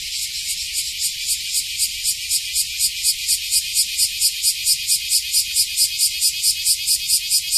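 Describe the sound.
Cicada with a strident, pulsing drone, steady rapid beats running through the whole stretch.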